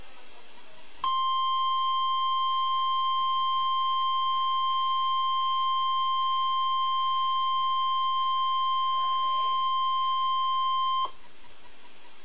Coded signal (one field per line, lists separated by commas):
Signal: Emergency Alert System (SAME) tones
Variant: 1050 Hz attention tone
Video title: Required Weekly Test - 06/08/11 (EAS #100)